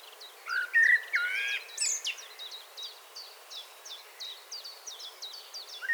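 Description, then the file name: Common blackbird giving a few whistled, fluting phrases early on, with a series of short high chirps from another bird throughout and a final whistle at the end. "Turdus merula"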